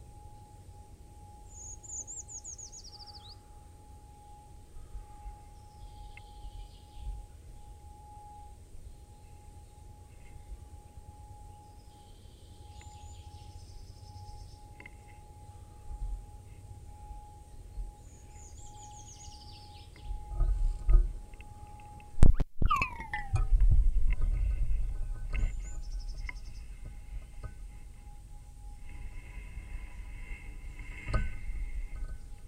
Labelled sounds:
Eurasian Treecreeper (Certhia familiaris) song
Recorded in the wild
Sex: diverse
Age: adult
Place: Freiburg, Baden-Württemberg, DE
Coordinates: 48.0333, 7.82472
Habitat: Schonung
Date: 1960-03-25
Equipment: Maihak MMK 4, Sennheiser MD 82
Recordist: Thielcke, Gerhard
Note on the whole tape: Freiburg, Mooswald, Schonung (eingezäunt)

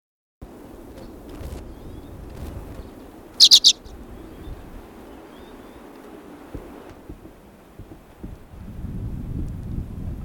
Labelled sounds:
Common Redpoll (Carduelis flammea) call
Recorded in captivity
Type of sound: call
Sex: male
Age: adult
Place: Insel Rügen, Mecklenburg-Vorpommern, DE
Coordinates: 54.352, 13.363
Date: 1977-12-31
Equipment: Nagra III BH, Sennheiser MD 21, parabola
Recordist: Schubert, Michael
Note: Birkenzeisig gekäfigtes adult Männchen (Carduelis f. cabaret, 73mm)

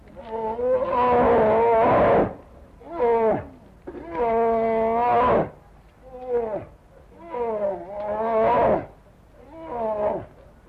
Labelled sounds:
Brown Bear (Ursus arctos) call
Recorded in captivity
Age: adult
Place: Zoo Berlin, Berlin, DE
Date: 1960-10-08 14:00
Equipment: Minifon, Kopie Smaragd
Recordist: Tembrock, Günter
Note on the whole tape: Vor der Fütterung, beide laufen am Gitter (Wärter füttert im Nachbarkäfig), kleineres Tier mit Abwehrlauten gegen das größere, Lautgebung beendet nach Erhalt des Futters. Abstand 3-4 m

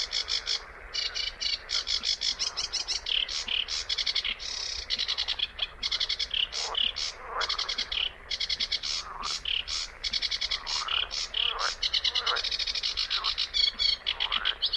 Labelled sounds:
Sedge Warbler (Acrocephalus schoenobaenus) song
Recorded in the wild
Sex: male
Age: adult
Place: Kützerhof, Kummerower See, Mecklenburg-Vorpommern, DE
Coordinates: 53.8494, 12.8597
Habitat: wetland
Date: 2009-06-16
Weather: fair, ca. 15 °C, weak westerly winds
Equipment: Sound Devices 702, Sennheiser MKH 70, Popschutz
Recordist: Frommolt, Karl-Heinz

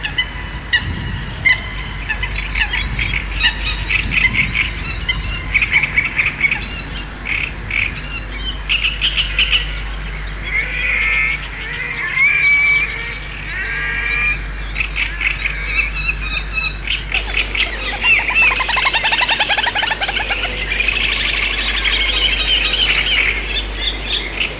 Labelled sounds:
Great Reed Warbler (Acrocephalus arundinaceus) song
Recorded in the wild
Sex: male
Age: adult
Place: Petershain, Niederlausitz, Sachsen, DE
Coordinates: 51.3167, 14.7514
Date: 1963-06-10
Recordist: Meyer, Hugo

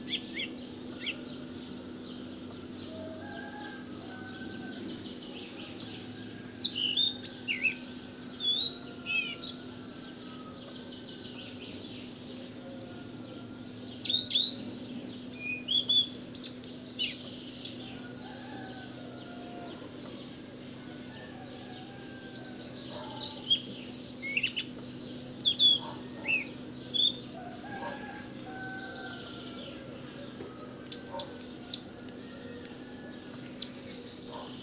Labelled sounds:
Collared Flycatcher (Ficedula albicollis) song
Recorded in the wild
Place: Sibiu, Transilvania, RO
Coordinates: 45.803, 24.145
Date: 1976-05-20 06:25
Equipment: Nagra III BH, Sennheiser MD 21, parabola
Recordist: Schubert, Michael
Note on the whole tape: Gesang Halsbandschnäpper

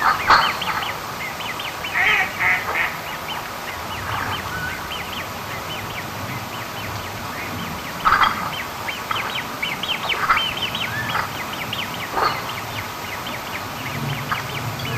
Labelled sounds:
Great Crested Grebe (Podiceps cristatus) begging call
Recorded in the wild
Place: Krombachtalsperre, DE
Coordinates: 50.6217, 8.12722
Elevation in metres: 530
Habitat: Wetland
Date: 1963-08-23
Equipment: Uher Report 4000, AKG D190
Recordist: Krey, Winfried
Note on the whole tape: (Juvenile Bettellaute)

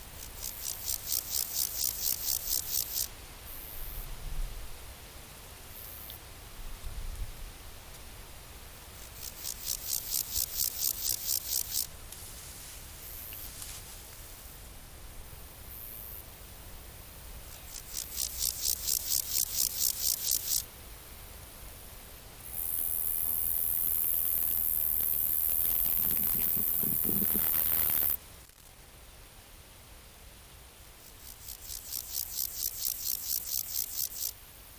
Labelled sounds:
Water-meadow Grasshopper (Chorthippus montanus) stridulation
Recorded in the wild
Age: imago
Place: Schildow, Kindelwald, Brandenburg, DE
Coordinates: 52.64, 13.34
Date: 1998-08-20 16:12
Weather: sonnig, 27°C
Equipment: Marantz CP 430, Sennheiser ME 80, Kopie Uher 4000 Report Monitor
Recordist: Tembrock, Günter

